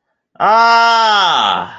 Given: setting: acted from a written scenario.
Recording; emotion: vocal sound without words; fear